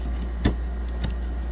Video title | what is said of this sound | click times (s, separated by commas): LET'S START BUILDING MY NEW COMPUTER | okay so we're gonna go ahead and push down until it clicks | 0.4 s